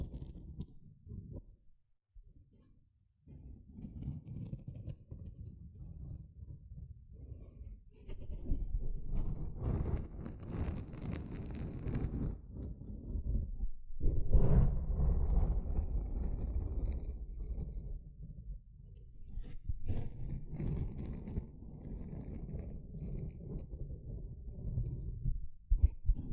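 A sponge is rubbed, squished and scrubbed in a long, uneven run of soft rustling strokes, mostly low and dull with brief brighter scratchy bursts. It starts sparse with short pauses, grows denser and louder from about eight seconds, with a strong squeeze near fifteen seconds.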